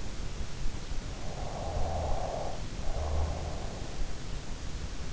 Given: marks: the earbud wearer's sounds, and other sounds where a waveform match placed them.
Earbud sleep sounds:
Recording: sounds in sleep by an in-ear microphone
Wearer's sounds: snoring breath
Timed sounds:
0.62-3.91 s: snoring breath

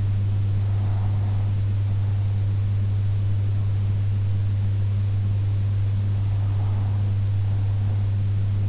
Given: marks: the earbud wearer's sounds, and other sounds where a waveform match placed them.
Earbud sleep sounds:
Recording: sounds in sleep by an in-ear microphone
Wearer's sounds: breath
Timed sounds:
0.00-2.00 s: breath
6.00-8.00 s: breath

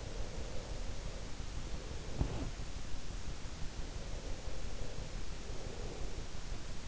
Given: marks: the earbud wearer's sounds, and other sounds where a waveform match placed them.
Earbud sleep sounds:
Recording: sounds in sleep by an in-ear microphone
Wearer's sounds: breath, body movement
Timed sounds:
0.09-2.77 s: breath
2.12-2.58 s: body movement
3.84-6.49 s: breath

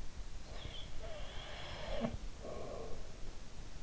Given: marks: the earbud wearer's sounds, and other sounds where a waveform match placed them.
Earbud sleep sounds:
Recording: sounds in sleep by an in-ear microphone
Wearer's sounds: breath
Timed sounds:
0.20-3.42 s: breath

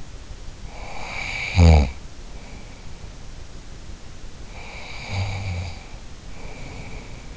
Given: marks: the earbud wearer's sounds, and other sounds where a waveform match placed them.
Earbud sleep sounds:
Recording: sounds in sleep by an in-ear microphone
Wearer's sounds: snoring breath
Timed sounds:
0.65-3.20 s: snoring breath
4.58-7.37 s: snoring breath

